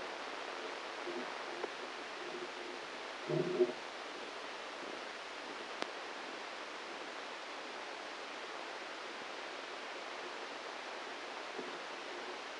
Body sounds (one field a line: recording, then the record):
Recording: brain microelectrode recording played as sound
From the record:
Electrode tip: inside the subthalamic nucleus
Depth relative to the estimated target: 5 mm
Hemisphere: right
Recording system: NeuroSet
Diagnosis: Parkinson's disease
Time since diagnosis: 9 years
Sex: male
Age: 56 years